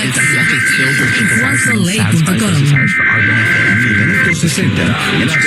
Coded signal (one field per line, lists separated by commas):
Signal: Emergency Alert System (SAME) tones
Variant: header bursts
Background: speech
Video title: Another Round of IPAWS Tests (EAS #619-628) 8/19/24